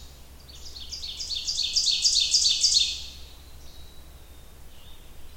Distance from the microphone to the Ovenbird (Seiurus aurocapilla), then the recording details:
about 25 m. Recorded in boreal forest in Alberta, Canada, on 28 June 2016 at 07:20. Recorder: SongMeter 3, array SBT-6-79. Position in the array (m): 2 m, 94 m. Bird 40